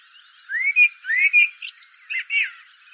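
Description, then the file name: Common blackbird giving two smooth rising whistled notes, a brief burst of high, squeaky twittering, then a few more warbled notes. "Turdus merula"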